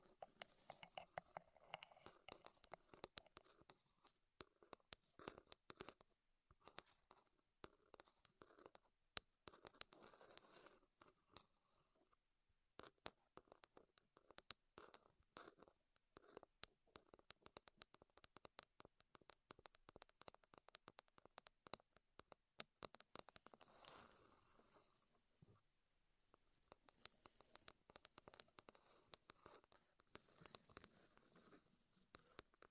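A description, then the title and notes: Wooden tapping and clicking triggers, dense sharp taps in quick irregular bursts, with brief quieter gaps and soft rustling between. ASMR Wood Triggers in Your Ears (No Talking).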